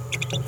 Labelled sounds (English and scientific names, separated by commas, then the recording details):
Green-rumped Parrotlet (Forpus passerinus) babbling
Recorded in a nest box in Venezuela
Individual 18B17A3